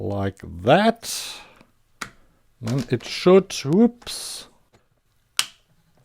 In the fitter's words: Yeah, you heard that. Maybe snapped into the zero position.